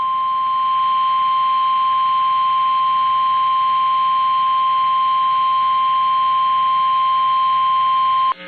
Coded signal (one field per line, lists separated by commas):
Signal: Emergency Alert System (SAME) tones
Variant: 853 and 960 Hz attention tone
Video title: MEMORIAL DAY MADNESS | EAS Alerts from 5/30/2022 (EAS #1177-1201)